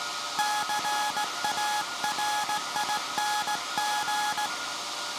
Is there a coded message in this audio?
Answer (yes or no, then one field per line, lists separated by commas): yes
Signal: Morse code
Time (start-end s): 0.4-4.5 s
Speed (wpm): 16 wpm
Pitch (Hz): 840 Hz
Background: none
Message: CARING